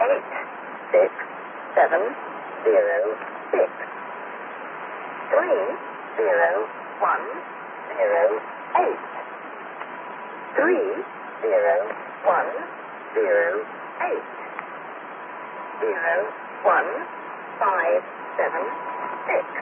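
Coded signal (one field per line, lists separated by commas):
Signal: numbers station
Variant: English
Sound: a voice reading single digits at a steady pace over shortwave hiss, about 20 numbers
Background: radio static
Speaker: here here's the real sound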